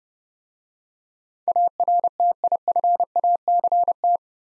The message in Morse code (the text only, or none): ARTIFACT